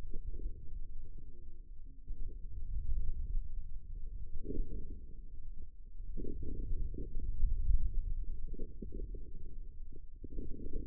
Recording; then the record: forearm muscle sounds (acoustic myography)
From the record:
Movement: inward rotation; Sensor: system 2, bracelet of six BSWA MPA416 microphones around the upper forearm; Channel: 3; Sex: male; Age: 22 years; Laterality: right